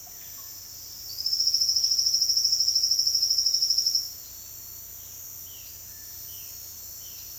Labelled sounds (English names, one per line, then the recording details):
Silvered Antbird
Violaceous Jay
Cinereous Tinamou
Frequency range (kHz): Silvered Antbird 3.2-12.0 kHz; Violaceous Jay 1.7-4.2 kHz; Cinereous Tinamou 1.3-2.0 kHz
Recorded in dense forest near Puerto Asís, Putumayo, Colombia, on 18 February 2024 at 08:30
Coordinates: 0.485, -76.322
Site G6406